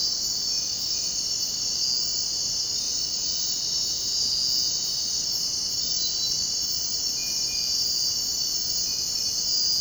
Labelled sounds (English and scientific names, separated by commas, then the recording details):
none
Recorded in dense forest near Puerto Asís, Putumayo, Colombia, on 23 June 2025 at 03:30
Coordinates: 0.499, -76.324
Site G100